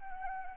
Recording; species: mosquito wingbeat signal from an infrared sensor; Anopheles arabiensis